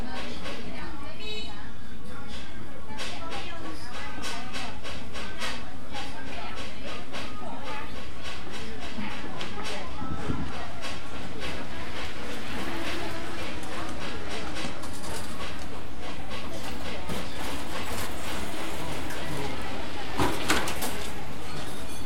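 A busy street, with a steady, dense wash of voices, clatter and low traffic rumble that never lets up. Frequent sharp knocks and clicks run throughout, with a louder thump near ten seconds and a bright, rattling burst around twenty seconds.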